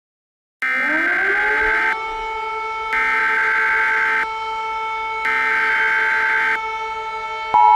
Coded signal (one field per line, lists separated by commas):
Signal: Emergency Alert System (SAME) tones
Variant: header bursts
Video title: The Ultimate Derecho - An EAS Scenario